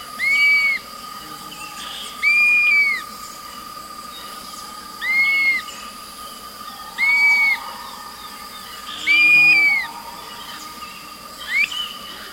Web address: S America Eastern Lowlands 413 Dusky-capped Flycatcher